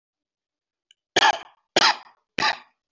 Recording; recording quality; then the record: shallow voluntary cough; excellent, no background noise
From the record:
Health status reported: respiratory illness, not identified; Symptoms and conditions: hypertension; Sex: male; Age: 52 years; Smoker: yes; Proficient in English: yes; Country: India